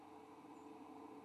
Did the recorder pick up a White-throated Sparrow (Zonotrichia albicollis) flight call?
yes